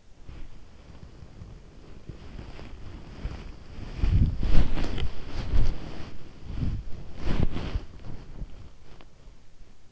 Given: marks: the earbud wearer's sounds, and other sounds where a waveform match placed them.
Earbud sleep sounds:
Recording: sounds in sleep by an in-ear microphone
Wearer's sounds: body movement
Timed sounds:
0.00-9.83 s: body movement

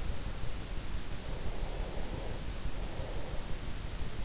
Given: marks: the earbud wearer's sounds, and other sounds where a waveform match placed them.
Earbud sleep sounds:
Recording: sounds in sleep by an in-ear microphone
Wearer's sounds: breath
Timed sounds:
0.61-3.81 s: breath

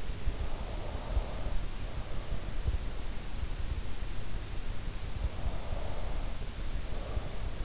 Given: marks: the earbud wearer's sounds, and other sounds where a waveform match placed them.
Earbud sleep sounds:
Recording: sounds in sleep by an in-ear microphone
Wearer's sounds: breath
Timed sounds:
0.17-2.54 s: breath
4.78-7.65 s: breath

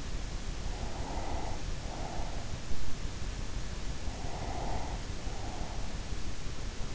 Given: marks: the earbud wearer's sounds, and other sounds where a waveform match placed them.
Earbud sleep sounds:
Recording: sounds in sleep by an in-ear microphone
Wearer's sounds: breath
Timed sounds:
0.79-2.85 s: breath
4.08-6.22 s: breath

